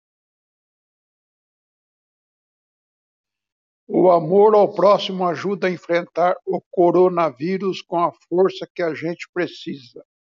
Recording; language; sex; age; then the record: spoken sentence; Brazilian Portuguese; male; 70 to 79 years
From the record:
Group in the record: control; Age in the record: 73 years